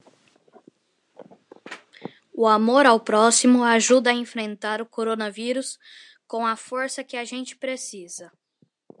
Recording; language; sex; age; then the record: spoken sentence; Brazilian Portuguese; female; 40 to 49 years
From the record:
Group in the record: control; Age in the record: 41 years